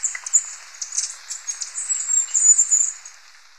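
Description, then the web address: Capped Conebill calls: a continuous, very high, thin twittering with soft sibilant notes, gently rising and falling in loudness over about three seconds. Recorded in Ecuador. "Birds of Ecuador. Capped Conebill"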